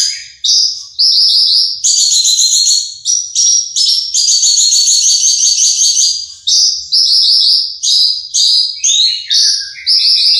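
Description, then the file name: Horsfield's bush lark pouring out a continuous song of high whistled and buzzy notes, with some lower descending phrases near the end. Bird named Mercy, owned by Om Donny. "audio branjangan mercy milik om donny marga omkicau com"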